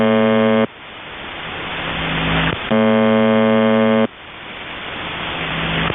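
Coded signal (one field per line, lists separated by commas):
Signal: channel marker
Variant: UVB-76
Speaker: I'm going to shut up for a second and just let you guys listen.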